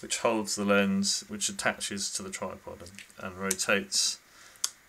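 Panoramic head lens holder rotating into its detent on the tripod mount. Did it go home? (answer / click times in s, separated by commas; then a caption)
yes / 4.6 s. A person talks while turning the lens holder of a Tom shot pano 360 panoramic tripod head, which holds a Sigma 8mm fisheye lens on a Canon 60D DSLR and rotates on the tripod mount. A sharp click at 4.6 s marks the holder locking into its 90-degree detent, seated in place.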